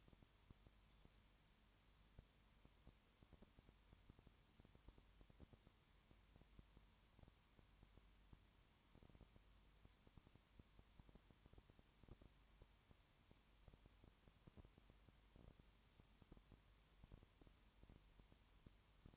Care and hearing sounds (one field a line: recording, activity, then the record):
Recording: daily activity, microphone in the room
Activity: no activity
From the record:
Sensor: 3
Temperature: 21.1 degrees Celsius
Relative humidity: 37.0%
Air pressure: 1010.6 hPa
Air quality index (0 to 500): 204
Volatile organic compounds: 31 ppm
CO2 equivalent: 2983 ppm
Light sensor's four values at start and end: 2/3/2/2 and 2/3/2/2